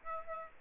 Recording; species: mosquito wingbeat signal from an infrared sensor; Aedes aegypti